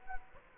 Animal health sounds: mosquito wingbeat signal from an infrared sensor; Culex quinquefasciatus

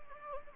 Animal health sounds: mosquito wingbeat signal from an infrared sensor; Anopheles gambiae

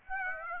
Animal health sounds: mosquito wingbeat signal from an infrared sensor; Aedes aegypti

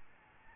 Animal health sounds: mosquito wingbeat signal from an infrared sensor; Aedes albopictus

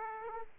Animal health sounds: mosquito wingbeat signal from an infrared sensor; Aedes aegypti

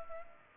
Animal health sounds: mosquito wingbeat signal from an infrared sensor; Culex pipiens

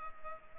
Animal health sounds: mosquito wingbeat signal from an infrared sensor; Culex pipiens

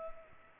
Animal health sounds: mosquito wingbeat signal from an infrared sensor; Culex pipiens

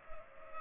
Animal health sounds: mosquito wingbeat signal from an infrared sensor; Culex pipiens

